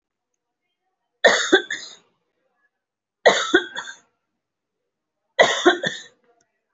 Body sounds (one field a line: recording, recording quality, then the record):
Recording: heavy voluntary cough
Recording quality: excellent, no background noise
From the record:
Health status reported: respiratory illness, not identified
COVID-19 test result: negative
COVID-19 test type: RT-PCR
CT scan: not taken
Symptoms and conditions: breathing difficulty, muscle pain, another respiratory illness, another condition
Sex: female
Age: 37 years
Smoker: no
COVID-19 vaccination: one dose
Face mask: worn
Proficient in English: no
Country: India